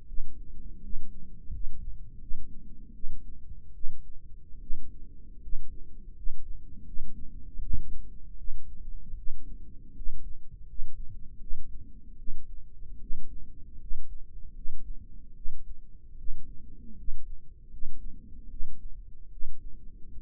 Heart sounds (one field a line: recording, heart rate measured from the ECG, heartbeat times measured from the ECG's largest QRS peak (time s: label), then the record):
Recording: heart sounds by microphone in the right ear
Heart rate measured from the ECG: 78 bpm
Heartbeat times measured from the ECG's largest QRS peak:
0.07 s: heartbeat
0.82 s: heartbeat
1.52 s: heartbeat
2.20 s: heartbeat
2.94 s: heartbeat
3.74 s: heartbeat
4.60 s: heartbeat
5.41 s: heartbeat
6.15 s: heartbeat
6.85 s: heartbeat
7.60 s: heartbeat
8.37 s: heartbeat
9.16 s: heartbeat
9.95 s: heartbeat
10.67 s: heartbeat
11.40 s: heartbeat
12.18 s: heartbeat
13.00 s: heartbeat
13.79 s: heartbeat
14.54 s: heartbeat
15.35 s: heartbeat
16.17 s: heartbeat
16.96 s: heartbeat
17.70 s: heartbeat
18.49 s: heartbeat
19.31 s: heartbeat
20.11 s: heartbeat
From the record:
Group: healthy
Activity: rest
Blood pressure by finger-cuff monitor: 99/60 mmHg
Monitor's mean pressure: 71 mmHg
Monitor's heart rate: 78 bpm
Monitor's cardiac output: 6.5 L/min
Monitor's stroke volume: 83 mL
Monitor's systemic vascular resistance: 780 dyn s/cm5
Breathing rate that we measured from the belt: 17 breaths a minute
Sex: female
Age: 22 years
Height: 163 cm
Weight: 67.1 kg